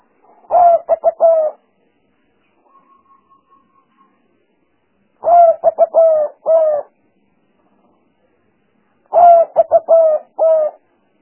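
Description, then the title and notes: Spotted dove giving three separate cooing phrases about four seconds apart, each a few short hoots followed by longer coos; a faint steady tone between. Calls used as lure sounds for trapping the bird, described as the most effective lure. "Pikat Burung Tekukur Paling Ampuh. Kumpulan suara burung tekukur paling ampuh"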